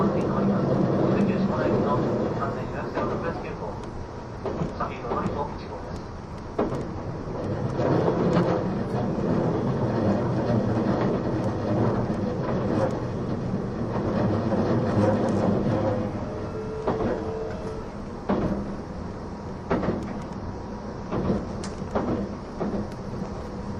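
An E261 series Saphir Odoriko No. 1 train runs on, a steady, dense low rumble filling all twenty-four seconds. Frequent sharp clicks and knocks break through, and a brief faint whine rises around seventeen seconds. Muffled voices may sit underneath.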